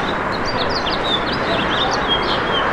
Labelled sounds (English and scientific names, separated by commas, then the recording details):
House Finch (Haemorhous mexicanus) song
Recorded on Long Island, New York, on 1 June 2012
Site JH
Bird D